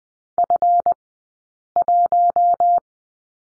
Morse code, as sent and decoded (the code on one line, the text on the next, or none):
..-. .----
F1